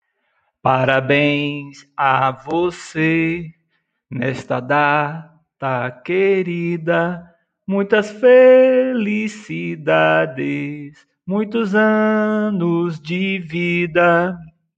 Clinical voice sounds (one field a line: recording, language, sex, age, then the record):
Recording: short text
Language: Brazilian Portuguese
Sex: male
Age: 40 to 49 years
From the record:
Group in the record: control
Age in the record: 44 years